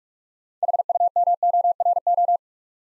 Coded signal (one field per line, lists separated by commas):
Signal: Morse code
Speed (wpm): 44 wpm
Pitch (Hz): 700 Hz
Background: none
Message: HUMORO